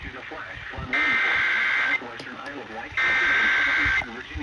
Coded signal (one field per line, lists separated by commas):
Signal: Emergency Alert System (SAME) tones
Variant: header bursts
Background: speech